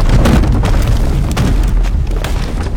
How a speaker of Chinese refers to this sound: 过了几秒，轰然一声响，来人似乎是想把门栓震断，但是这扇门太过老旧，居然从门轴处断裂，两扇门齐齐地往里砸了进来。